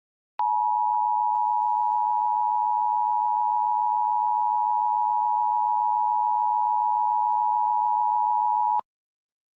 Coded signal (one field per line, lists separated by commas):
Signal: Emergency Alert System (SAME) tones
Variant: 853 and 960 Hz attention tone